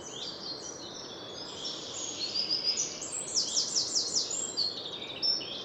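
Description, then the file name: Eurasian wren singing, high notes then a brisk high trill of repeated strokes, over steady hiss. "Troglodytes troglodytes"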